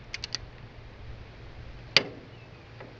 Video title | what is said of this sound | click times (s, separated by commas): Putting the head back on my 1956 Ford 800 tractor! #fordtractors #tractorrepairing | Now, you hear that little pop. It kicks. It like goes a little click past to let you know you're at torque. | 2.0 s